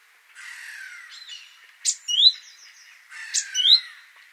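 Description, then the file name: Great tit call sequence: a harsh, buzzy descending churr, then sharp high notes with a bright upward chirp, given twice in quick succession. "Parus major"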